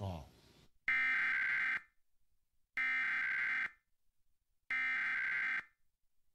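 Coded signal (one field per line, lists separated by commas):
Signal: Emergency Alert System (SAME) tones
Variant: header bursts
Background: speech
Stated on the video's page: Pennsylvania statewide required monthly tests from four TV stations; one failed, going near silent after the first attention tone.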